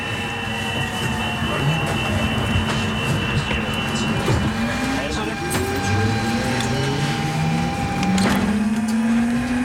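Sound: train running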